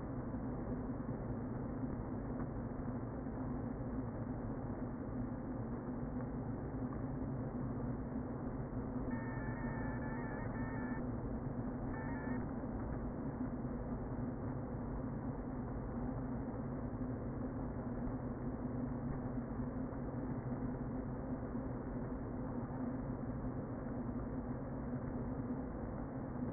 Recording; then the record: honeybee colony, microphone inside the hive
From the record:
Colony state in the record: queen present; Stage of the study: before two queens were removed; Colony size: about 60,000 bees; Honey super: yes